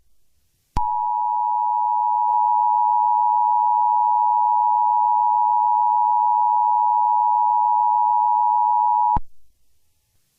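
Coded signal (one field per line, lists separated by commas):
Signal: Emergency Alert System (SAME) tones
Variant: 853 and 960 Hz attention tone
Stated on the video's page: A fictional EAS scenario, not a real alert.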